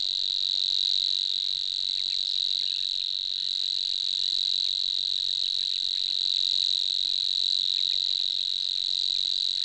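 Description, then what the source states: Grasshopper warbler giving a long unbroken reel, a steady high mechanical trill. Song type: reeling song.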